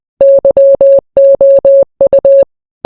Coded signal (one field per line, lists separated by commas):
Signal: Morse code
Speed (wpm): 20 wpm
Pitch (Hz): 550 Hz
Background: none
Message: YOU